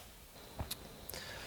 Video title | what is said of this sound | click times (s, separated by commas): How to Service a Hose Reel Swivel - Coxreels Hand Crank Hose reel | click which is the first groove and then you'll need to click one more time and once you hear the loud click | 0.7 s, 1.1 s